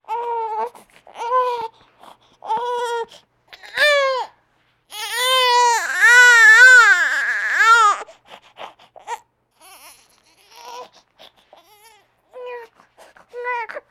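An infant cries in short, high-pitched bursts at an irregular pace. The cries build into a long, wavering wail midway, then fade to softer whimpers. This is an ordinary baby cry, a sound effect.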